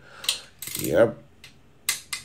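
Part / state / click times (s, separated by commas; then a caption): click-type torque wrench on main bearing cap bolt of engine block / torque reached / 1.9 s. A click-type torque wrench tightens a main bearing cap bolt on an engine block to the 22 ft-lb first step. A few faint metallic ticks lead into a louder rising ratcheting pull, then the wrench gives a sharp click at 1.9 s, followed by a second tap, and someone talks briefly. The bolt reaches the set torque.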